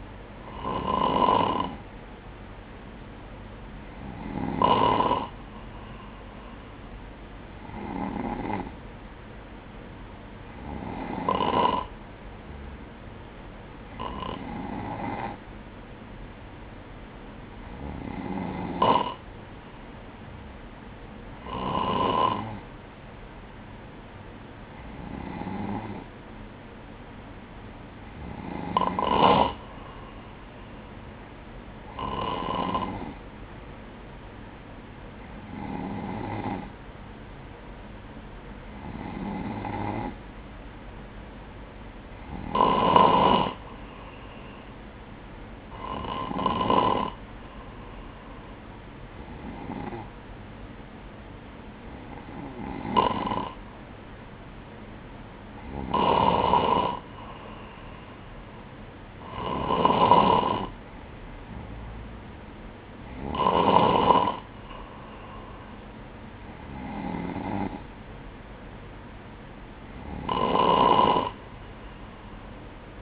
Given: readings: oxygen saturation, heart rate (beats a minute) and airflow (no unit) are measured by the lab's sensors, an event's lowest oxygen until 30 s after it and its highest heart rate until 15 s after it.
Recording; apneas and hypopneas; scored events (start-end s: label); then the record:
breathing in sleep by a voice recorder at the bedside; none
none scored
From the record:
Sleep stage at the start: N3 (deep sleep); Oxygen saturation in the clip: 94 to 96%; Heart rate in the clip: 59 to 63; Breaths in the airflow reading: 21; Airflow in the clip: -6.1 to 4.9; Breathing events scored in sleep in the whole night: 180 in 6.7 hours asleep